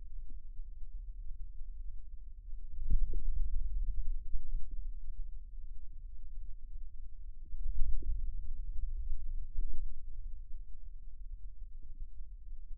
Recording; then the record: forearm muscle sounds (acoustic myography)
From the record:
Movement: radial deviation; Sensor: system 2, bracelet of six BSWA MPA416 microphones around the upper forearm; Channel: 6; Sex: male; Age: 22 years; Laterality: right